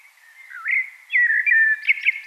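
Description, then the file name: Short common blackbird song fragment: mellow whistled notes slide down and up, then turn into brighter squeaky twitters. "Turdus merula"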